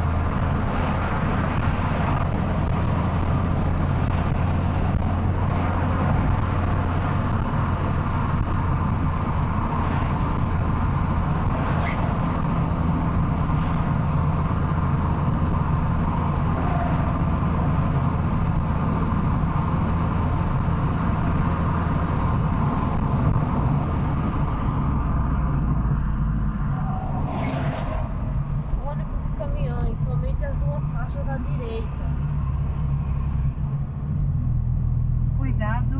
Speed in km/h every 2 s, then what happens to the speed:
94, 96, 101, 101, 97, 95, 96, 96, 96, 96, 96, 96, 75, 58, 41, 39, 38, 37.
0-4 speeds up to 101. 4-10 slows to 95. 10-22 steady at about 96. 22-36 brakes to 37.